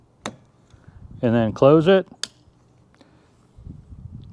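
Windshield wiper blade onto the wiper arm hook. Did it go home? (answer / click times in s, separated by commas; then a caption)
yes / 0.3 s. A windshield wiper blade's plastic connector is pulled onto the metal wiper arm hook and clicks into position with a single sharp tick at 0.3 s, seating the blade. Someone then talks briefly, followed by a faint tick and light handling noise.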